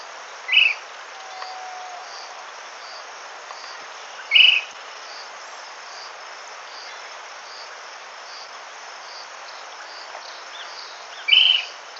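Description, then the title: Short-crested flycatcher calling with three short, high notes at irregular gaps, set against a constant buzzing and pulsing insect background. "LuckyPassaro Completos2Sama. Short-crested Flycatcher (Myiarchus ferox)"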